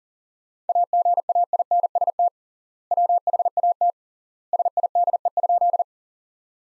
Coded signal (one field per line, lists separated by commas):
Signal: Morse code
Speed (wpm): 40 wpm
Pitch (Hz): 700 Hz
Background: none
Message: AGAINST WHAT SIDE?